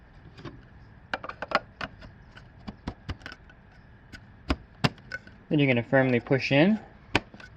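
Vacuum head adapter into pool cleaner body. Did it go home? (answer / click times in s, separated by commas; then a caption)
no / none. The plastic vacuum head adapter of a Jacuzzi JPV300 cordless rechargeable battery-operated pool and spa vacuum is slid into the cleaner body with its tab facing up and then pushed in firmly. Sharp handling knocks and taps come around 1.1–1.8 s, 4.5 s and 7.2 s, and someone talks from about 5.5 to 6.8 s. Nothing has seated or clicked yet; the adapter is not yet home when the clip ends.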